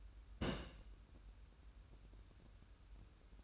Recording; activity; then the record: daily activity, microphone in the room; place on stove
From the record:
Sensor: 2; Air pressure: 994.3 hPa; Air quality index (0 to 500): 216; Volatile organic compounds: 1000 ppm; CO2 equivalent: 7172 ppm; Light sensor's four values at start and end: 136/325/138/142 and 136/325/137/142